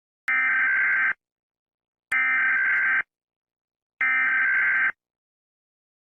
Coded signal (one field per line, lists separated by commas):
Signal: Emergency Alert System (SAME) tones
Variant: header bursts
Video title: EAS Mock: Child Abduction Emergency in Los Angeles, CA